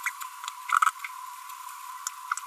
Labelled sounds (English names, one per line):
Green-rumped Parrotlet babbling